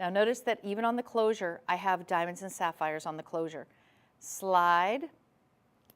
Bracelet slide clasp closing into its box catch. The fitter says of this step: click into place double safety catch